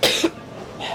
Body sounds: coughing mixed with background sound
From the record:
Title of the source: 55 gaggy wet cough

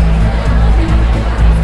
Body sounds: background sound without coughing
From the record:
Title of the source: Party Noise 1 Hour Party Ambience

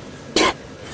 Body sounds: coughing mixed with background sound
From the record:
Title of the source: 61 morning phlegmy cough...again

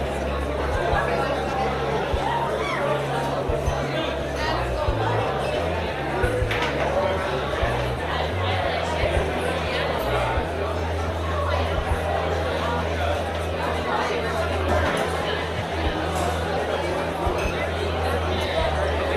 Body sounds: background sound without coughing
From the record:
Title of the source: CITY SOUNDS Busy Bar in the Evening Night - 2 HOURS of Ambiance for Relaxation

